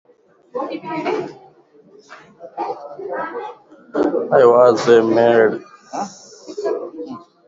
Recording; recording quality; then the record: sustained vowel as in made; poor, much background noise or distortion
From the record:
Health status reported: COVID-19 positive, mild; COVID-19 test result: positive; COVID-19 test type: RT-PCR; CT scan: not taken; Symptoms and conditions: cough, cold, breathing difficulty, fever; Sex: male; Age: 34 years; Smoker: no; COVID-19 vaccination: both doses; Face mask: worn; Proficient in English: yes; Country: India